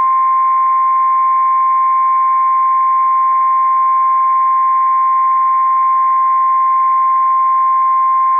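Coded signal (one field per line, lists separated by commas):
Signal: Emergency Alert System (SAME) tones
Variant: 1050 Hz attention tone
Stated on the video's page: Severe weather outbreak alerts from NOAA weather radio stations in Fort Worth, Corsicana, Waco and Austin, Texas.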